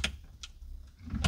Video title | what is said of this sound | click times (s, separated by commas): Audi Steering Wheel Mods DIY : TTRS Start Buttons - Air Bag cover - Wheel Cover | all the clicks you heard all the clicks you | 0.0 s, 0.4 s, 1.2 s